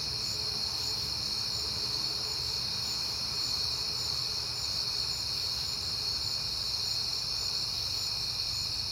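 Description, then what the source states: Crickets trill without pause, high and steady, over a low rumbling background. Crickets recorded at night in September, on a peaceful night.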